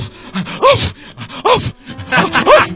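A dog lets out three loud, tonal barks at an even pace, each with a rising and falling pitch, separated by short gaps of quieter background sound.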